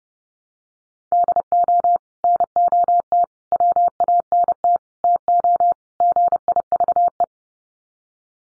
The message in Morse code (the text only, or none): DO NOT WANT TO GIVE